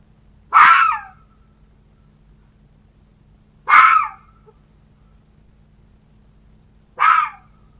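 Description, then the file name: Red fox giving three harsh, hoarse barks, each about half a second long with a falling tail, spaced roughly three seconds apart against a faint low hum. "Лиса"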